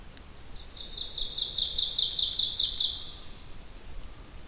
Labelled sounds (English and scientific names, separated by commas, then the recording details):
Ovenbird (Seiurus aurocapilla) song
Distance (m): 15 m
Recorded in boreal forest in Alberta, Canada, on 2 June 2016 at 06:45
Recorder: SongMeter 3, array SBT-3-7
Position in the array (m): 193 m, 4 m
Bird 6